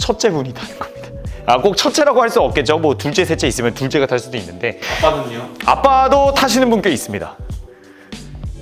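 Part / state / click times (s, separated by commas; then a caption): ride-on wheel board mount into stroller frame adapter / seated / 8.1 s. Someone talks over background music as the mount of a ride-on wheel board is plugged into its adapter on the stroller frame. A sharp click is heard at 8.1 s, followed by a softer tick. The wheel board connector clicks in and is seated.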